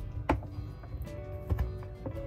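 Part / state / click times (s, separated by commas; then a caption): dishwasher drain pump impeller cover into sump / seated / 0.3 s. A white plastic drain pump impeller cover is pushed down by hand into the sump of a Bosch dishwasher and clicks into place with a sharp snap at 0.3 s, seating it. Two fainter knocks follow at about 1.6 and 2.1 s over a steady low background hum.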